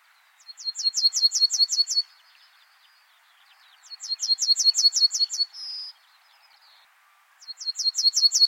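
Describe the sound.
Bird song: three bursts of rapid, high-pitched repeated notes separated by pauses, with a brief whistle after the second burst.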